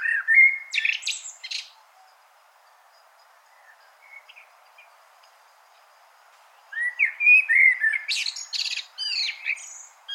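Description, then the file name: Common blackbird song: a short fluty phrase with high twittering, a long near-silent stretch with faint notes, then a fuller phrase of mellow whistles and squeaks. "Turdus merula"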